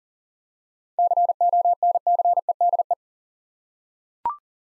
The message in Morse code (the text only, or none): CONCEDE